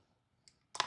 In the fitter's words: Ce petit bouton ici est pour le clip araignée, c'est comme ça que ça glisse et ça se verrouille